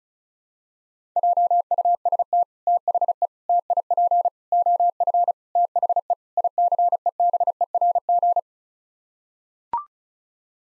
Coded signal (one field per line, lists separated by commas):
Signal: Morse code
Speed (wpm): 34 wpm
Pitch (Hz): 700 Hz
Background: none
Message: JUST THE TIP OF THE ICEBERG